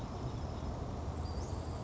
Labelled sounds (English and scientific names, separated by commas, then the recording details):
Western Flycatcher (Empidonax difficilis)
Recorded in Sonoma County, California